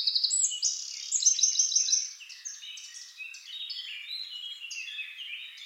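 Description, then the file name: Eurasian wren song: a quick run of high notes and a rattling trill at the start, fading into softer twittering. "Troglodytes troglodytes"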